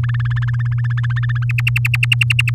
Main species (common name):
Domestic Canary